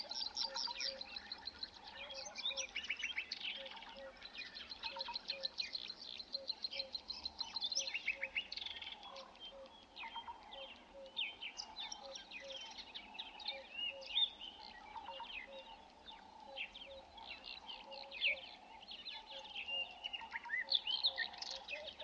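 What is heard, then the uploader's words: Dawn chorus in the Kalahari savannah as the sun rises, with many birds calling at once in a dense, continuous tangle of chirps and trills. A steady row of short, low repeated notes pulses underneath throughout, and a faint low rumble runs beneath everything. Dawn in the Kalahari Desert as the sun rises over the sandy savannah of southern Africa. It’s nearly level at this part of the Kalahari Desert. The trees are widely spaced. There’s almost no available water. Kalahari Sunrise.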